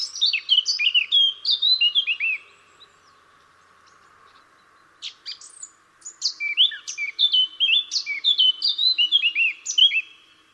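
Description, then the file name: Eurasian blackcap giving two song bursts of hurried warbling and mellow whistled notes, separated by a pause of about two seconds. "Sylvia atricapilla"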